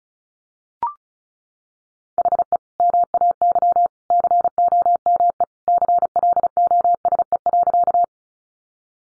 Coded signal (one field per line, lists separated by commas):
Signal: Morse code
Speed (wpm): 34 wpm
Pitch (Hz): 700 Hz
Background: none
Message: HE MAY COME CLOSE.